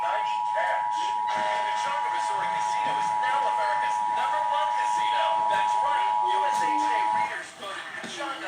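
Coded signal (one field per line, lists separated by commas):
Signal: Emergency Alert System (SAME) tones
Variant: 853 and 960 Hz attention tone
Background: speech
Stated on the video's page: Flash flood warning received off a television station broadcast.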